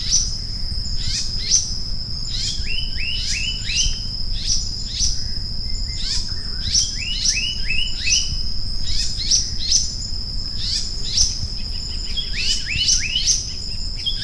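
Maratua monarch delivering clusters of several sharp downslurred notes, repeated throughout, against a steady piercing insect whine.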